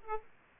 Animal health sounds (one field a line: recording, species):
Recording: mosquito wingbeat signal from an infrared sensor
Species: Aedes aegypti